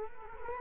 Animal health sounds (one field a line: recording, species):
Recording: mosquito wingbeat signal from an infrared sensor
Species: Culex quinquefasciatus